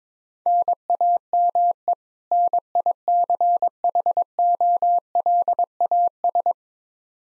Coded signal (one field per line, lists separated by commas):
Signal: Morse code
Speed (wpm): 22 wpm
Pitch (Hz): 700 Hz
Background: none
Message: NAME NICHOLAS